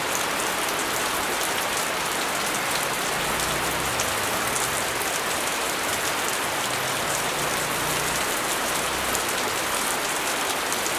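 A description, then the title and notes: Steady, dense rain drums on a tin roof with a constant bright patter, a faint low rumble now and then underneath. Natural RAIN Sounds on Rin Roof | Evening Rain Ambince.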